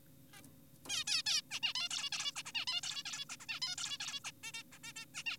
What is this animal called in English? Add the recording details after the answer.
Zebra Finch. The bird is an adult. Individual g4p5U